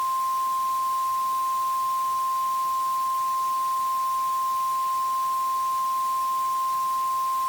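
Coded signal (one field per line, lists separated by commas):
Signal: Emergency Alert System (SAME) tones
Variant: 1050 Hz attention tone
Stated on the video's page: Mock flash flood warning, not a real broadcast, using valid tones.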